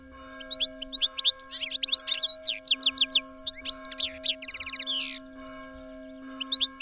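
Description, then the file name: European goldfinch song: a long, continuous run of liquid twitters and chirps with a buzzy trill, over a steady low hum. "tengelic"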